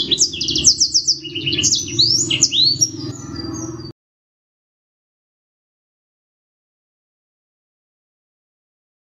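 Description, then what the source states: Black-throated canary song, a fast run of high trills and sweeping chirps lasting about four seconds before falling silent, with a low steady hum underneath. Garuda-style song, a 5-minute training recording.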